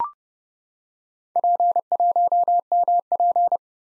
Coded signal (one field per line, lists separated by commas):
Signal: Morse code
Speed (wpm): 30 wpm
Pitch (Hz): 700 Hz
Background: none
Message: P1MP